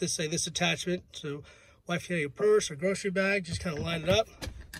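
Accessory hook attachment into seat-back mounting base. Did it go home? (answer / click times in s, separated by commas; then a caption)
no / none. A man talks while lining up a purse or grocery-bag hook attachment with a Click and Go seat-back mounting base in a Jaguar or Land Rover. A brief faint tap comes near the end, but the hook has not clicked or seated into the base yet.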